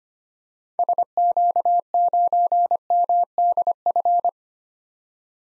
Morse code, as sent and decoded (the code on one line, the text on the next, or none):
... --.- ----. -- -.. ..-.
SQ9MDF